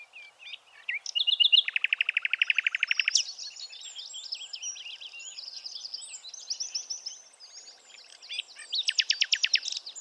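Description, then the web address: Bird song with a rapid, evenly pulsed trill early on, varied high chips in between, and another fast rattling trill near the end. "Bird Only"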